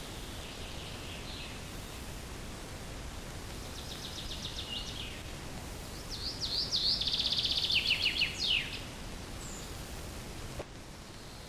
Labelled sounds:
Common Chaffinch song

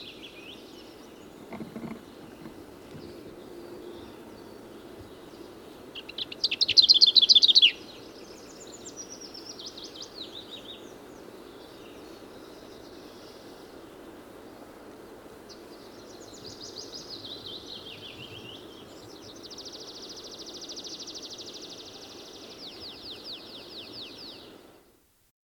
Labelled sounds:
Lesser Whitethroat song

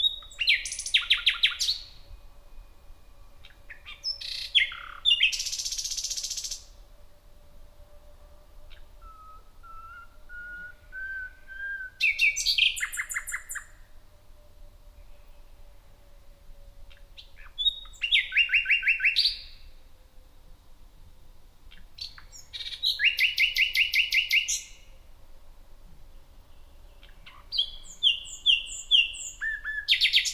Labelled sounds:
Common Nightingale song

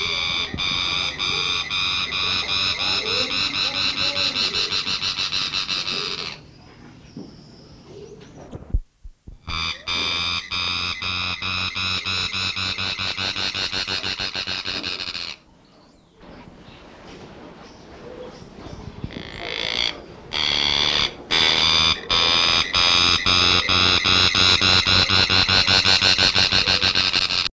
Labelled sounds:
Fire-tufted Barbet call

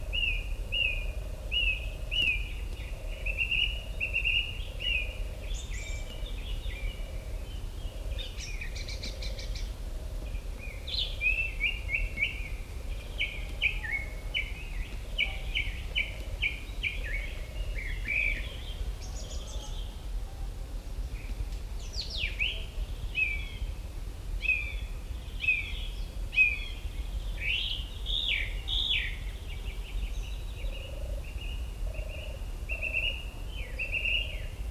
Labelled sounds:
Song Thrush song

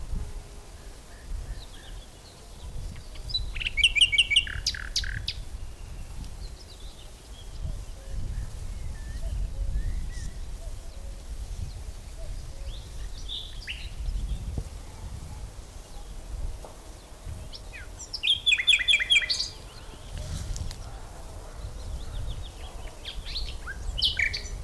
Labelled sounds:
Common Whitethroat song

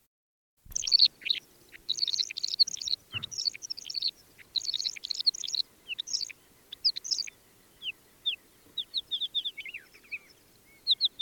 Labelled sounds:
Mongolian Lark song

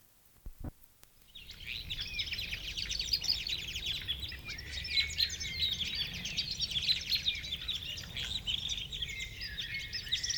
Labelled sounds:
Red Crossbill song

